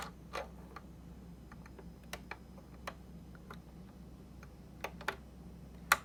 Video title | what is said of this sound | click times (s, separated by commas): ZEN รุ่น ZN1101 สอนการใช้งานจักรเย็บผ้าเบื้องต้น By PINN SHOP | สลักเล็กน้อยก็ดันเข้าไปนะคะให้เข้าล็อคพอดีเลยอ่ะ | 5.9 s